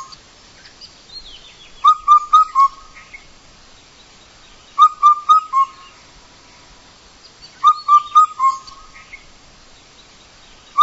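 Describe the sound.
Bird song: repeated groups of clear, even whistles, three or four notes per phrase with a lingering last note, each phrase coming about every three seconds.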